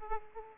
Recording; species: mosquito wingbeat signal from an infrared sensor; Aedes aegypti